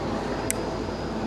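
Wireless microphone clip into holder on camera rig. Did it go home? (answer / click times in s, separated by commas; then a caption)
no / none. A small plastic wireless-mic clip is pushed into its holder on a camera rig, with a brief sharp tick at 0.5 s over a steady broadband hiss. It is the wrong snap: the clip has not seated or clicked into place yet.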